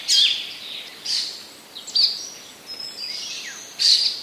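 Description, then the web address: Icterine warbler giving loud, separate high squeaky notes and short phrases, spaced about a second apart with quieter gaps between them. Recorded in 2015; part of a passerine collection. "wroblowe kolekcja zaganiacz 2015"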